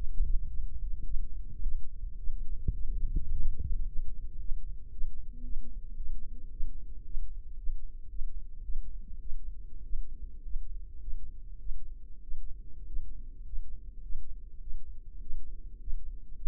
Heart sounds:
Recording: heart sounds by microphone in the left ear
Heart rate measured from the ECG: 106 bpm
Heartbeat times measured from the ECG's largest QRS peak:
0.47 s: heartbeat
1.03 s: heartbeat
1.61 s: heartbeat
2.16 s: heartbeat
2.73 s: heartbeat
3.30 s: heartbeat
3.85 s: heartbeat
4.38 s: heartbeat
4.90 s: heartbeat
5.42 s: heartbeat
5.95 s: heartbeat
6.50 s: heartbeat
7.04 s: heartbeat
7.56 s: heartbeat
8.08 s: heartbeat
8.62 s: heartbeat
9.19 s: heartbeat
9.82 s: heartbeat
10.43 s: heartbeat
10.99 s: heartbeat
11.58 s: heartbeat
12.21 s: heartbeat
12.85 s: heartbeat
13.44 s: heartbeat
14.01 s: heartbeat
14.59 s: heartbeat
15.19 s: heartbeat
15.79 s: heartbeat
16.35 s: heartbeat
From the record:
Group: healthy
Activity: rest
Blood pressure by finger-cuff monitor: 118/59 mmHg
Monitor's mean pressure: 76 mmHg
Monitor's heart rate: 107 bpm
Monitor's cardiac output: 8.5 L/min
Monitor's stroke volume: 80 mL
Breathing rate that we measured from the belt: 21 breaths a minute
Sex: male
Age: 22 years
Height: 181 cm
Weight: 60 kg

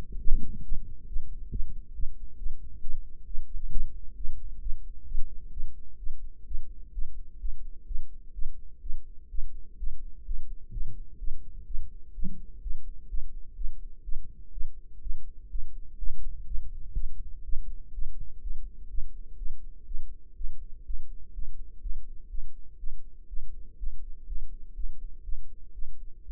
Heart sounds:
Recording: heart sounds by microphone in the right ear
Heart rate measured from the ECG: 127 bpm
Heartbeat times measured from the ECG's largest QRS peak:
0.20 s: heartbeat
0.64 s: heartbeat
1.08 s: heartbeat
1.51 s: heartbeat
1.95 s: heartbeat
2.38 s: heartbeat
2.82 s: heartbeat
3.26 s: heartbeat
3.71 s: heartbeat
4.16 s: heartbeat
4.61 s: heartbeat
5.06 s: heartbeat
5.52 s: heartbeat
5.98 s: heartbeat
6.46 s: heartbeat
6.93 s: heartbeat
7.40 s: heartbeat
7.87 s: heartbeat
8.34 s: heartbeat
8.81 s: heartbeat
9.30 s: heartbeat
9.78 s: heartbeat
10.26 s: heartbeat
10.72 s: heartbeat
11.19 s: heartbeat
11.66 s: heartbeat
12.14 s: heartbeat
12.62 s: heartbeat
13.09 s: heartbeat
13.56 s: heartbeat
14.04 s: heartbeat
14.52 s: heartbeat
15.01 s: heartbeat
15.50 s: heartbeat
15.98 s: heartbeat
16.46 s: heartbeat
16.95 s: heartbeat
17.44 s: heartbeat
17.93 s: heartbeat
18.42 s: heartbeat
18.90 s: heartbeat
19.37 s: heartbeat
19.86 s: heartbeat
20.36 s: heartbeat
20.85 s: heartbeat
21.33 s: heartbeat
21.81 s: heartbeat
22.29 s: heartbeat
22.78 s: heartbeat
23.28 s: heartbeat
23.78 s: heartbeat
24.27 s: heartbeat
24.75 s: heartbeat
25.24 s: heartbeat
25.73 s: heartbeat
26.25 s: heartbeat
From the record:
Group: healthy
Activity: rest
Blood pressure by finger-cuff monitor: 130/73 mmHg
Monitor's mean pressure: 90 mmHg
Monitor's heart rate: 127 bpm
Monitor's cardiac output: 10.5 L/min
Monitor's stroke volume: 82 mL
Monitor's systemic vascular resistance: 630 dyn s/cm5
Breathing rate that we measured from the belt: 21 breaths a minute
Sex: female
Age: 19 years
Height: 163 cm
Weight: 51 kg

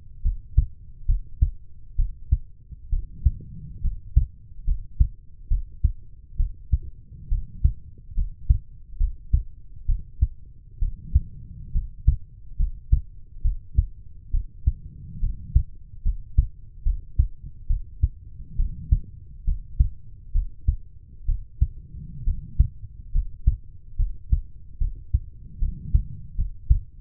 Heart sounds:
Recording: heart sounds by stethoscope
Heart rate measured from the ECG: 69 bpm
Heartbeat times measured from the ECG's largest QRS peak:
0.22 s: heartbeat
1.06 s: heartbeat
1.96 s: heartbeat
2.90 s: heartbeat
3.82 s: heartbeat
4.65 s: heartbeat
5.48 s: heartbeat
6.37 s: heartbeat
7.29 s: heartbeat
8.15 s: heartbeat
8.98 s: heartbeat
9.86 s: heartbeat
10.79 s: heartbeat
11.72 s: heartbeat
12.57 s: heartbeat
13.42 s: heartbeat
14.31 s: heartbeat
15.20 s: heartbeat
16.03 s: heartbeat
16.83 s: heartbeat
17.67 s: heartbeat
18.56 s: heartbeat
19.45 s: heartbeat
20.32 s: heartbeat
21.26 s: heartbeat
22.24 s: heartbeat
23.12 s: heartbeat
23.97 s: heartbeat
24.78 s: heartbeat
25.59 s: heartbeat
26.36 s: heartbeat
From the record:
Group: healthy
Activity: cold pressor test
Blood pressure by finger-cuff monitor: 101/65 mmHg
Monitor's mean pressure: 76 mmHg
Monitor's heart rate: 68 bpm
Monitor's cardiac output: 5.4 L/min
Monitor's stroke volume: 80 mL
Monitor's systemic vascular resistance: 1020 dyn s/cm5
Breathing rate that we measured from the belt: 16 breaths a minute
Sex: female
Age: 23 years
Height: 160 cm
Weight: 50.4 kg

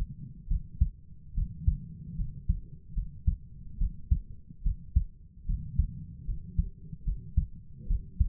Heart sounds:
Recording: heart sounds by stethoscope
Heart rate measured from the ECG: 73 bpm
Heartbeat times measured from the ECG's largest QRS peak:
0.49 s: heartbeat
1.35 s: heartbeat
2.17 s: heartbeat
2.95 s: heartbeat
3.79 s: heartbeat
4.64 s: heartbeat
5.47 s: heartbeat
6.27 s: heartbeat
7.05 s: heartbeat
7.88 s: heartbeat
From the record:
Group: healthy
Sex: female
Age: 22 years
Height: 160 cm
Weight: 63 kg

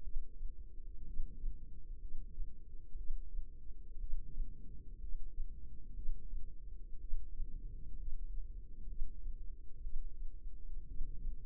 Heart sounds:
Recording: heart sounds by microphone in the left ear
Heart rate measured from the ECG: 61 bpm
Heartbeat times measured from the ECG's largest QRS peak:
0.02 s: heartbeat
1.05 s: heartbeat
2.00 s: heartbeat
2.96 s: heartbeat
3.99 s: heartbeat
4.99 s: heartbeat
5.94 s: heartbeat
6.99 s: heartbeat
7.98 s: heartbeat
8.87 s: heartbeat
9.82 s: heartbeat
10.86 s: heartbeat
From the record:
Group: healthy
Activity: rest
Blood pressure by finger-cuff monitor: 88/61 mmHg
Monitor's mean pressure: 69 mmHg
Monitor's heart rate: 63 bpm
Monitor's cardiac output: 4.4 L/min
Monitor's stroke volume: 72 mL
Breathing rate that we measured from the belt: 19 breaths a minute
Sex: female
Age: 36 years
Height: 163 cm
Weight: 88 kg

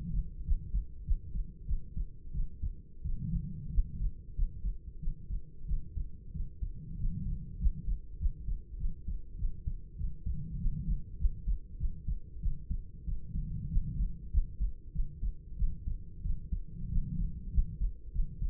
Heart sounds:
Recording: heart sounds by stethoscope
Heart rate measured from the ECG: 95 bpm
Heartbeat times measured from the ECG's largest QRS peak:
0.43 s: heartbeat
1.04 s: heartbeat
1.65 s: heartbeat
2.31 s: heartbeat
3.01 s: heartbeat
3.70 s: heartbeat
4.34 s: heartbeat
4.99 s: heartbeat
5.65 s: heartbeat
6.31 s: heartbeat
6.96 s: heartbeat
7.58 s: heartbeat
8.18 s: heartbeat
8.77 s: heartbeat
9.36 s: heartbeat
9.96 s: heartbeat
10.57 s: heartbeat
11.17 s: heartbeat
11.77 s: heartbeat
12.39 s: heartbeat
13.04 s: heartbeat
13.68 s: heartbeat
14.30 s: heartbeat
14.91 s: heartbeat
15.55 s: heartbeat
16.21 s: heartbeat
16.88 s: heartbeat
17.50 s: heartbeat
18.11 s: heartbeat
From the record:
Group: healthy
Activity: rest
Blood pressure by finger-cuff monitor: 129/71 mmHg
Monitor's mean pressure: 88 mmHg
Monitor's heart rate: 97 bpm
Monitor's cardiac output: 8.2 L/min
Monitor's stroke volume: 84 mL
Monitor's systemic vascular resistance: 820 dyn s/cm5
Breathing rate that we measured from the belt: 18 breaths a minute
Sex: female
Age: 26 years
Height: 165 cm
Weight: 55 kg

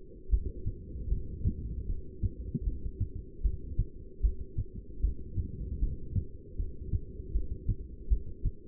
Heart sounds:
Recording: heart sounds by stethoscope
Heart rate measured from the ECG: 77 bpm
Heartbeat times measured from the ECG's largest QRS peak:
0.31 s: heartbeat
1.09 s: heartbeat
1.88 s: heartbeat
2.65 s: heartbeat
3.43 s: heartbeat
4.22 s: heartbeat
5.02 s: heartbeat
5.80 s: heartbeat
6.58 s: heartbeat
7.33 s: heartbeat
8.09 s: heartbeat
From the record:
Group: heart failure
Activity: rest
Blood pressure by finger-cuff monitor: 181/120 mmHg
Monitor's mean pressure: 138 mmHg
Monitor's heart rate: 76 bpm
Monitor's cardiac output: 7 L/min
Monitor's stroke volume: 92 mL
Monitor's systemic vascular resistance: 1500 dyn s/cm5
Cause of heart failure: non-ischemic cardiomyopathy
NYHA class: 1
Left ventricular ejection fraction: 62%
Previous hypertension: present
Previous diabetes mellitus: present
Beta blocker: bisoprolol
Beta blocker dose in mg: 10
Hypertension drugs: sacubitril-valsartan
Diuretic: furosemide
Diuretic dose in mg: 20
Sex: male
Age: 49 years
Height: 167 cm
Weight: 110 kg

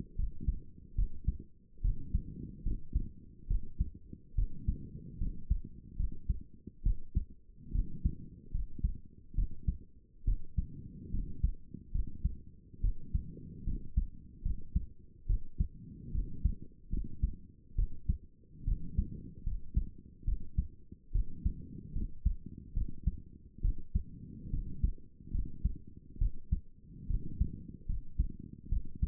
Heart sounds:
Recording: heart sounds by stethoscope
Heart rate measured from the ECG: 72 bpm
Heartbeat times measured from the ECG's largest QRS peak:
0.16 s: heartbeat
0.95 s: heartbeat
1.82 s: heartbeat
2.63 s: heartbeat
3.47 s: heartbeat
4.35 s: heartbeat
5.18 s: heartbeat
5.96 s: heartbeat
6.83 s: heartbeat
7.72 s: heartbeat
8.51 s: heartbeat
9.35 s: heartbeat
10.25 s: heartbeat
11.11 s: heartbeat
11.92 s: heartbeat
12.81 s: heartbeat
13.64 s: heartbeat
14.42 s: heartbeat
15.26 s: heartbeat
16.12 s: heartbeat
16.90 s: heartbeat
17.75 s: heartbeat
18.64 s: heartbeat
19.43 s: heartbeat
20.25 s: heartbeat
21.12 s: heartbeat
21.93 s: heartbeat
22.73 s: heartbeat
23.61 s: heartbeat
24.50 s: heartbeat
25.31 s: heartbeat
26.18 s: heartbeat
27.07 s: heartbeat
27.86 s: heartbeat
28.69 s: heartbeat
From the record:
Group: healthy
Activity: rest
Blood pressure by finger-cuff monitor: 150/84 mmHg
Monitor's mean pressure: 104 mmHg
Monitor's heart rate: 72 bpm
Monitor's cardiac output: 6.4 L/min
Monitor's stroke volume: 89 mL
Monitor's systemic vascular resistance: 1200 dyn s/cm5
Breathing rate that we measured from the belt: 22 breaths a minute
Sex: female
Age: 22 years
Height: 154 cm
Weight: 58.7 kg

